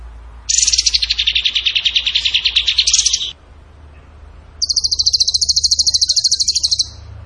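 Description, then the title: Bird song of rapid buzzy trills: a lower, wavering trill of about three seconds, a short pause, then a higher, even trill of about two seconds. Training song (masteran) in the tembakan gacor style. "Masteran Burung Tembakan Gacor"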